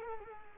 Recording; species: mosquito wingbeat signal from an infrared sensor; Culex quinquefasciatus